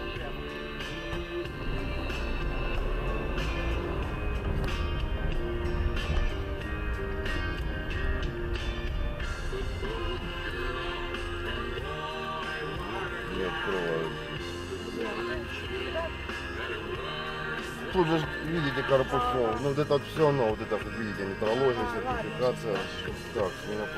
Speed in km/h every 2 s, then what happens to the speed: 3, 9, 15, 13, 10, 4, 0, 0, 3, 0, 0, 0.
0-4 speeds up to 15. 4-11 slows to 0. 11-24 standing.